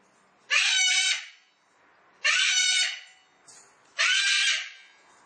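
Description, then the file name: Cockatoo calls: three harsh, rasping screeches with a grating texture, evenly spaced. "cacatua"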